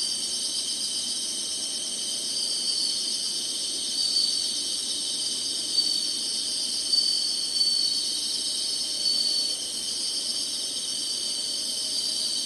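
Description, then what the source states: Insects chorusing continuously in a bright, sizzling high drone, with a few brief sharp notes. Singing insects in summer.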